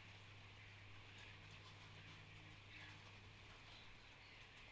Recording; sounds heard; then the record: poultry house recording; healthy chickens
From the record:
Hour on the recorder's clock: 13